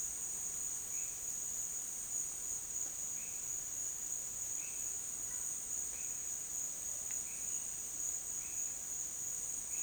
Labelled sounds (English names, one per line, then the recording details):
none
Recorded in dense forest near Puerto Asís, Putumayo, Colombia, on 29 June 2025 at 12:00
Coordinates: 0.484, -76.325
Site H65